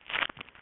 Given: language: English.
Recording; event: throat vibration sensor signal played as sound; swallow